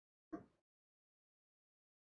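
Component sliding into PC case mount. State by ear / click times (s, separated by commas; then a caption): not seated / none. A component is slid into a mount in a small-form-factor Thermaltake TR100 PC case, making a single short knock at about 0.3 s that fades out by about 0.6 s, followed by silence. The part has not seated or clicked into place yet.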